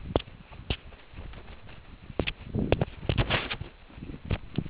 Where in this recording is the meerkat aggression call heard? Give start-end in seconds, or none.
none